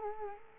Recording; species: mosquito wingbeat signal from an infrared sensor; Culex quinquefasciatus